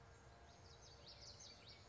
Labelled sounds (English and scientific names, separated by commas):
Common Yellowthroat (Geothlypis trichas)